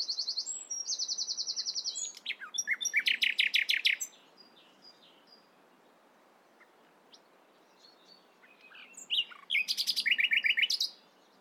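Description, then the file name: Common nightingale song opening with a rapid high buzzy trill, then harsh repeated notes, a long pause, and another fast rattling phrase. "Luscinia megarhynchos"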